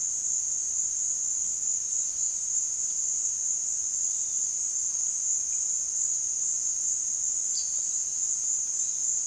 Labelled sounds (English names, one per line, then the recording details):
none
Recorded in pastures near Puerto Asís, Putumayo, Colombia, on 22 June 2025 at 16:00
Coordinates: 0.466, -76.322
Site GP07